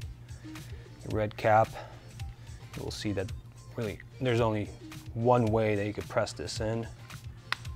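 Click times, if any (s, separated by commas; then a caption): 7.5 s. Someone talks while a red plastic cap is pressed onto an LED flasher relay housing for a Honda CBR500R, a cap that only fits one way. At 7.5 s a single sharp, loud snap is heard as the cap seats into the housing.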